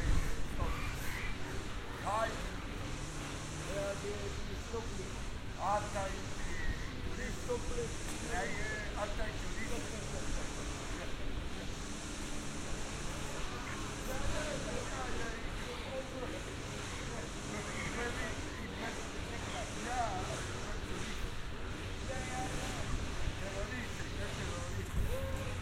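Binaural field recording in Amsterdam: a steady, dense wash of street noise with a low rumble underneath that never lets up. Scattered voices talk on and off throughout, and a vehicle hum runs in the background at a fairly even level.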